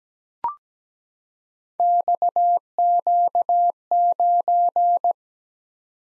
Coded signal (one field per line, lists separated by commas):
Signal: Morse code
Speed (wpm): 17 wpm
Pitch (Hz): 700 Hz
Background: none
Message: XQ9